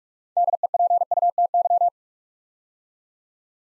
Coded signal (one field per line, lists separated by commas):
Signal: Morse code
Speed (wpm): 45 wpm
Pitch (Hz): 700 Hz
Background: none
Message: DEPUTY